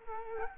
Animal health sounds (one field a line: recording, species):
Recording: mosquito wingbeat signal from an infrared sensor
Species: Culex quinquefasciatus